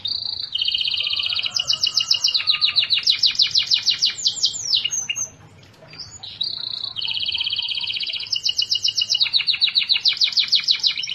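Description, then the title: Canary delivering long chains of rapid trills and rattles, changing pitch between sections, briefly pausing before another quick trilled series. "Kenari"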